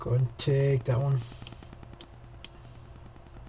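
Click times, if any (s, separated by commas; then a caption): none. Someone talks while sliding the second flex ribbon cable into its connector on the board of a Samsung Blast SGH-T729 phone during reassembly. The speech is followed by a low steady hum and a few faint handling ticks. Nothing has seated or clicked yet, and the connector tab is not yet closed to lock it.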